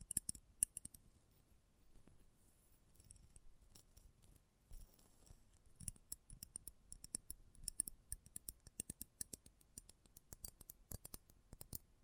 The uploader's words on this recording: ASMR Close Up Metallic Sounds (No Talking).